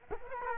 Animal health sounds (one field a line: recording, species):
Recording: mosquito wingbeat signal from an infrared sensor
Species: Culex quinquefasciatus